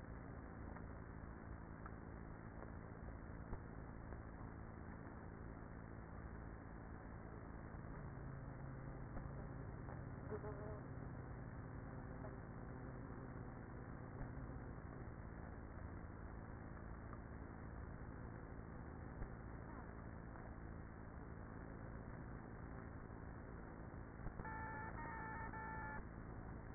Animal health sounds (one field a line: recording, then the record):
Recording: honeybee colony, microphone inside the hive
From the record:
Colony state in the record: queenless with a low population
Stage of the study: after two queens were removed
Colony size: about 30,000 bees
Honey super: no